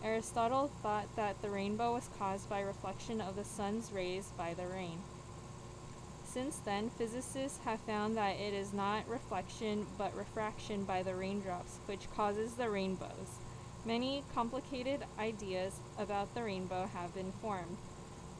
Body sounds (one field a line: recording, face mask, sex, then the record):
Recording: reading aloud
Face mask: surgical mask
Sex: female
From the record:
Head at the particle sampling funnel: tilted down, bridge of the nose in front of it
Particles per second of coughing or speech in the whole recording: 0.343